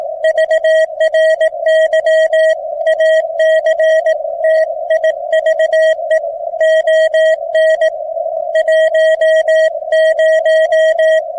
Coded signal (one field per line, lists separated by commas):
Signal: Morse code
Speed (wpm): 20 wpm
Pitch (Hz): 640 Hz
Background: music, radio noise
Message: VRY ACTIVE ON 10